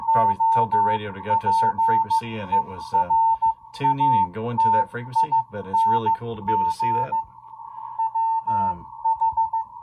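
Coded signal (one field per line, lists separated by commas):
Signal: Morse code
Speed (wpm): 15 wpm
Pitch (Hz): 900 Hz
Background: speech, music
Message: OPERATING WH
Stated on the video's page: CW on the 40 m ham band received with an RTL-SDR on an inverted-L antenna.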